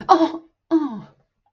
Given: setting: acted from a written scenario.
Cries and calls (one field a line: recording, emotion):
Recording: vocal sound without words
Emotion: pain